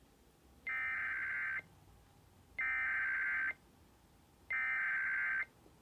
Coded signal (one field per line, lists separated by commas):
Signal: Emergency Alert System (SAME) tones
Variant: header bursts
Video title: Another AZ silver Alert (EAS#132)